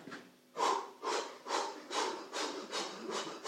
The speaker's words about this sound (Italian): Dovevo andare all'ospedale a fare gli esercizi di respirazione. Fagli vedere,